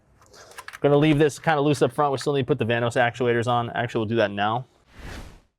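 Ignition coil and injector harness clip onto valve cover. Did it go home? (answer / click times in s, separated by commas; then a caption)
yes / 0.6 s, 0.7 s. The ignition coil and fuel injector wiring harness on a BMW N20 engine (2012-2018 F30 328i, F10 528i) is latched back onto the plastic valve cover before the fuel feed line goes in, since it can't be put back in place afterwards. The harness clip clicks into place at about 0.6 s and 0.7 s, seating it. Someone then talks, followed by a brief soft hiss near the end.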